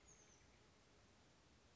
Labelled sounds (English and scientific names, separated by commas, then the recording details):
Oak Titmouse (Baeolophus inornatus)
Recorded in Sonoma County, California